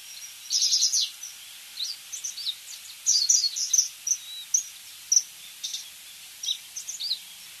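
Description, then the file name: Japanese wagtail singing a loud buzzy high phrase, then a longer run of sharp, varied twittering notes. "segurosekirei"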